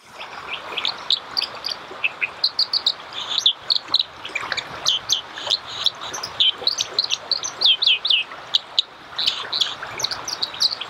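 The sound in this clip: Dipper calls and song in a long, rapid stream of high chirps and twittering trills with barely a pause, over a constant rushing hiss.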